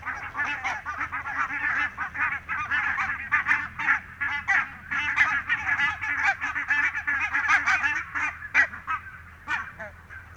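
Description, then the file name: Barnacle goose: barnacle geese calling as a flock, a dense stream of short, sharp yapping honks overlapping continuously with little pause throughout. "valkoposkihanhi"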